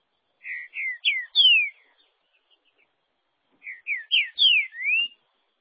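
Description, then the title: Green-winged saltator song: two phrases of four and five rich, slurred whistled notes, mostly sliding downward, the second phrase ending with a rising note, separated by a pause. "Trinca Ferro"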